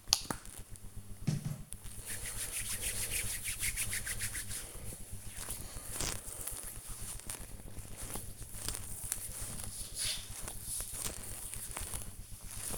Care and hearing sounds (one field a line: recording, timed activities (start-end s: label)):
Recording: household activities, microphone on the right wrist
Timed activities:
0.00-12.78 s: cream hands